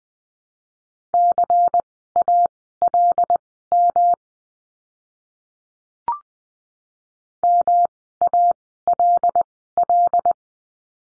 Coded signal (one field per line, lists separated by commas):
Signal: Morse code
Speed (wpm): 20 wpm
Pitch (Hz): 700 Hz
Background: none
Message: CALM MALL